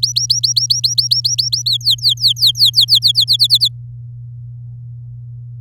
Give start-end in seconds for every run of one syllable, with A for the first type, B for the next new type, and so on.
0.00-1.62 A, 1.66-2.85 B, 2.88-3.68 C